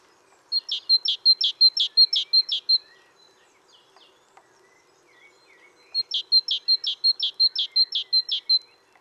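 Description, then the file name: Great tit song: a bright two-note phrase, a high whistle then a lower buzzy note, repeated about seven times in a fast bout, a pause, then a second similar bout. "Parus major"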